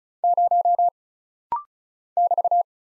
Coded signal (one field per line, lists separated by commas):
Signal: Morse code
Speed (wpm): 35 wpm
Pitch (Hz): 700 Hz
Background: none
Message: 0 <BT>